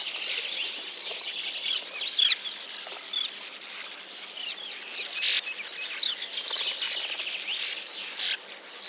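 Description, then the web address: Sand martin calls: scratchy, buzzy twitters and short rasping chirps, given in quick irregular bursts over a steady background chatter. Recorded in Lower Saxony, Germany. "niedersachsen uferschwalbe"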